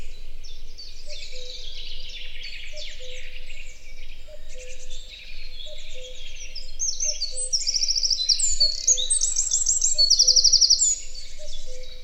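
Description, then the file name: Eurasian wren song builds from soft high twittering into loud, fast rattling trills in the second half, over a faint steady low hum. "Troglodytes troglodytes"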